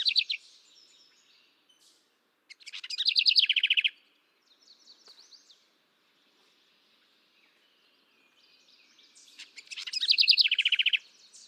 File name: canto da garrincha